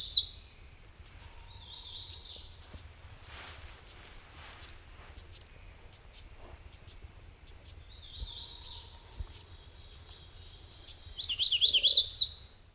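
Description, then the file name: MacGillivray's warbler song phrases, with thin, high repeated chips throughout and a low rumble. Recorded on 9 June 2002; six songs. "2002-06-09 MAWA 6 songs"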